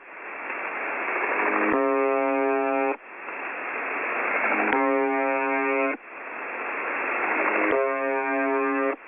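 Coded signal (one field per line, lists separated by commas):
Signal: channel marker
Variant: UVB-76 (The Buzzer)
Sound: three harsh low buzzes, each about a second long, separated by hissing static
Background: radio static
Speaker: você pode sintonizar o seu rádio na frequência AM 4625 kHz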